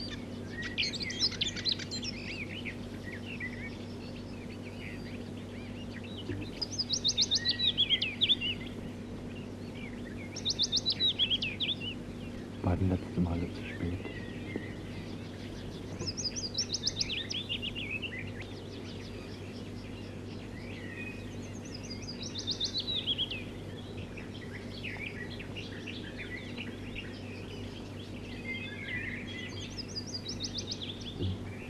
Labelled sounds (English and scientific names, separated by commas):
Willow Warbler (Phylloscopus trochilus) song